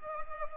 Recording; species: mosquito wingbeat signal from an infrared sensor; Culex pipiens